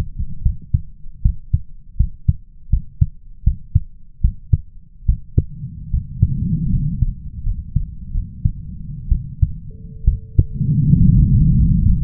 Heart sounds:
heart sounds by stethoscope; 74 bpm
0.42 s: heartbeat
1.22 s: heartbeat
1.97 s: heartbeat
2.70 s: heartbeat
3.43 s: heartbeat
4.21 s: heartbeat
5.05 s: heartbeat
5.90 s: heartbeat
6.70 s: heartbeat
7.43 s: heartbeat
8.11 s: heartbeat
9.08 s: heartbeat
10.04 s: heartbeat
11.00 s: heartbeat
11.83 s: heartbeat
From the record:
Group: healthy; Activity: rest 0-9 s, breath hold 9-12 s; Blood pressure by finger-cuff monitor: 105/71 mmHg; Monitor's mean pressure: 80 mmHg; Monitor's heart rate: 73 bpm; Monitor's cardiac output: 5.6 L/min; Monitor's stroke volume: 73 mL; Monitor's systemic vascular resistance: 1040 dyn s/cm5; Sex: male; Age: 21 years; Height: 170 cm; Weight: 71 kg

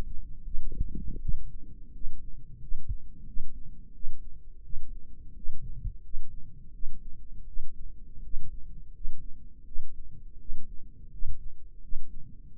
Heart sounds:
heart sounds by microphone in the right ear; 84 bpm
0.43 s: heartbeat
1.20 s: heartbeat
1.92 s: heartbeat
2.59 s: heartbeat
3.25 s: heartbeat
3.93 s: heartbeat
4.62 s: heartbeat
5.34 s: heartbeat
6.01 s: heartbeat
6.72 s: heartbeat
7.46 s: heartbeat
8.22 s: heartbeat
8.92 s: heartbeat
9.64 s: heartbeat
10.38 s: heartbeat
11.10 s: heartbeat
11.81 s: heartbeat
12.55 s: heartbeat
From the record:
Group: healthy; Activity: rest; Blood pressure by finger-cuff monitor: 98/64 mmHg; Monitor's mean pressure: 72 mmHg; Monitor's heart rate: 83 bpm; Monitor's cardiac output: 6.3 L/min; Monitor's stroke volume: 76 mL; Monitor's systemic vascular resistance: 820 dyn s/cm5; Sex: female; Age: 22 years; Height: 163 cm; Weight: 67.1 kg

